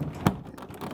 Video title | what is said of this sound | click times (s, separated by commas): etrailer - DIY 2015 Toyota 4Runner Installation for the Yakima SkyBox NX 16 Rooftop Cargo Box | and we hear the clicks of those latches going into place | 0.3 s, 0.6 s, 0.7 s, 0.8 s